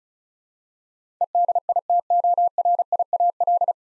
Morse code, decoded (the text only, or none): EDITORIAL